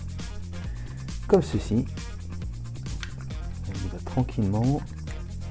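Two plastic parts of an Iron Man model kit are slowly pressed together by hand, part into mating part, while someone talks over background music. Nothing has seated or clicked yet; the clip ends before the part goes home.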